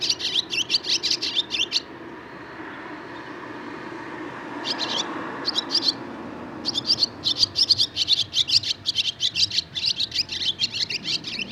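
Barn swallow chattering song of rapid, high scratchy chirps, pausing briefly before resuming in a dense, quick twitter.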